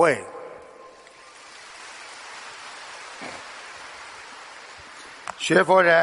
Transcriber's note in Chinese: 掌声